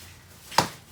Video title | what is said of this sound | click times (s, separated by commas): I was not not expecting this out come from a factory exhaust on my 2010 camaro | so it snaps back in place like that so now we'll go | 0.6 s